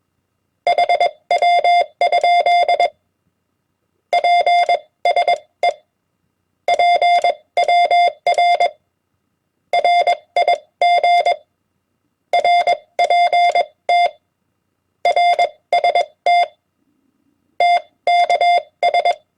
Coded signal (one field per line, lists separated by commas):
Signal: Morse code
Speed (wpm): 22 wpm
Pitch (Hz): 700 Hz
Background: none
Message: HW? PSE PWR RIG RPT RST TKS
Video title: Morse Code HamWords @20 wpm